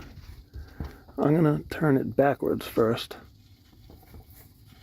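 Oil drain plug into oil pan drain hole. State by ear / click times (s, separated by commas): not seated / none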